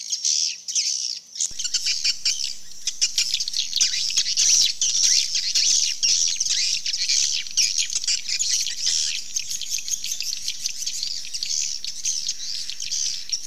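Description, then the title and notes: Swiftlets giving a thick, unbroken high chatter that begins after a brief quieter second, peppered with rapid clicks. Swiftlet sound used in swiftlet farming in Asia. "Swiflet Bird Sound. Farming Swiflet Bird asia sound"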